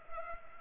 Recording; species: mosquito wingbeat signal from an infrared sensor; Culex pipiens